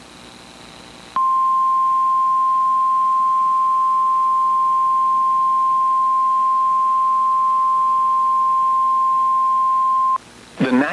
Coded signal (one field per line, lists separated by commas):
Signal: Emergency Alert System (SAME) tones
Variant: 1050 Hz attention tone